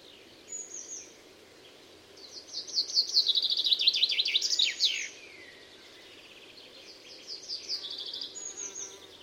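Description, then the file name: Common chaffinch song: faint high notes, then one full phrase, a cascading run of high notes ending in a quick flourish, then softer notes of another phrase. "Fringilla coelebs"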